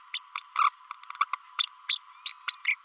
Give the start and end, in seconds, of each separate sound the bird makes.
0.14-0.19, 0.63-0.69, 1.58-1.66, 1.89-1.98, 2.25-2.33, 2.47-2.55, 2.66-2.75